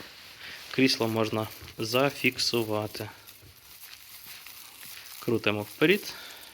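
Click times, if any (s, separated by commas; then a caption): none. Someone talks while turning the position lock of a recliner in a leather armchair forward to fix the chair in place, with faint handling sounds in between. The clip ends before the lock engages, so nothing has seated or clicked yet.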